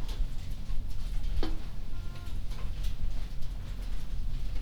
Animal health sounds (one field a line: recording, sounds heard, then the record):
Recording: poultry house recording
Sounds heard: sick chickens (respiratory disease)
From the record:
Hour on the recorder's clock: 21